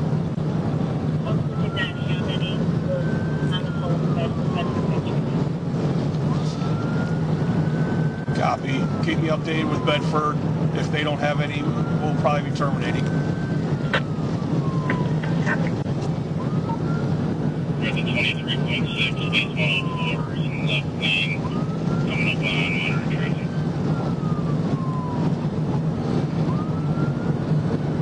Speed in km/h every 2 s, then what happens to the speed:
174, 175, 179, 180, 182, 182, 184, 184, 184, 184, 182, 182, 182, 184.
0-28 steady at about 182.